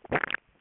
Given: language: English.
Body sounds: throat vibration sensor signal played as sound; swallow

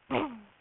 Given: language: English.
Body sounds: throat vibration sensor signal played as sound; throat clearing

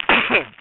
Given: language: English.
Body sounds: throat vibration sensor signal played as sound; cough

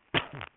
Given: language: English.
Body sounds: throat vibration sensor signal played as sound; cough

